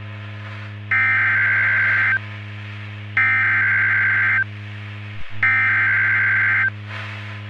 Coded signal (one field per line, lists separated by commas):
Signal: Emergency Alert System (SAME) tones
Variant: header bursts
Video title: Summers Day (EAS Scenario)